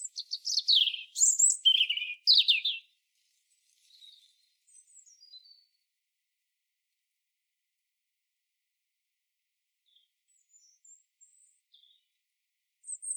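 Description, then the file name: European robin song: a loud opening flourish of high sliding notes, then long quiet stretches with faint twitters and one final thin note. "Erithacus rubecula"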